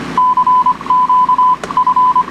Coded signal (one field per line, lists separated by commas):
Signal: Morse code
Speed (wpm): 25 wpm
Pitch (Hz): 1000 Hz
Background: none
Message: CQ F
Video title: Raleigh Amateur Radio Society (RARS) 1992 Year in Review